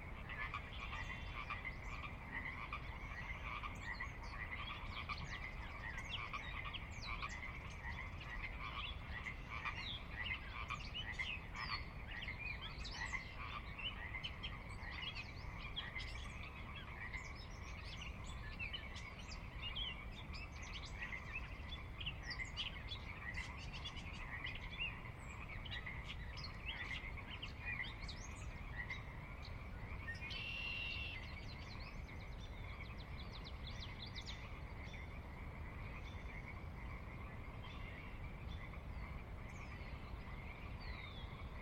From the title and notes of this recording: Sinlahekin Valley dusk. The valley itself is a 16 mile long, 1/2-mile wide glacier-dug trench near the Northeastern slope of the Cascades. The valley floor, where I spent most of my time, has a diverse mixture of migratory songbirds, waterfowl, resident Central Washington birds, and the ever-present Pacific Chorus Frogs.